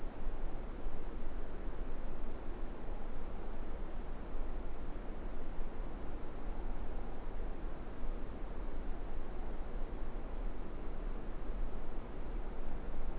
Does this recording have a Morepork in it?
no